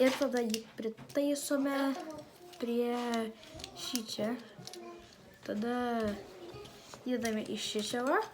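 While reassembling a broken puzzle cube, someone handles a small plastic puzzle cube piece at its slot in the cube core and talks throughout, with a couple of brief soft taps around 4.7 s. Nothing has seated or clicked yet; the clip ends before the piece goes home.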